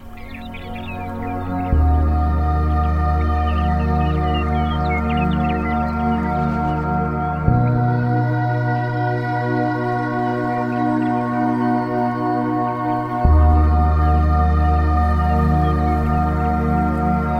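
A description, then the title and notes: Soft, sustained music with deep, warm bass notes that change chord roughly every six seconds, near 2, 7.5 and 13 seconds. Light bird chirps flutter high above during the first several seconds, then fade back behind the steady, gently ringing tones. Relaxing Music With Birds Chirping - Beautiful Piano Music and Guitar Music.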